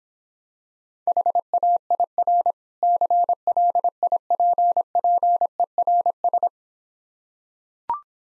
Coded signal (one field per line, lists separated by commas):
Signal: Morse code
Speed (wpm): 26 wpm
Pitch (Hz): 700 Hz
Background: none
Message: HAIR CLIPPERS